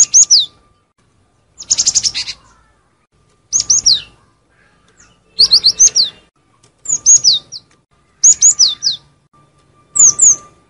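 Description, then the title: Lovebird calls: sharp, high, mostly down-slurred chirps bunched in quick groups of several, repeated every one and a half to two seconds, with a faint steady tone beneath. Lure call used for trapping lovebirds. "PIKAT BURUNG LOVEBIRD"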